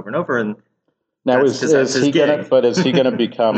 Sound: laughs